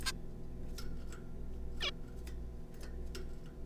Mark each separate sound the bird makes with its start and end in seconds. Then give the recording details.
0.06-0.11, 1.81-1.90. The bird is a juvenile. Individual R3549